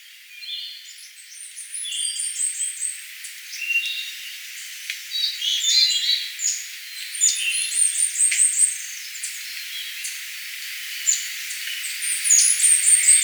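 Bird twittering with quick high chirps and trilled phrases that keep going, over a constant hiss.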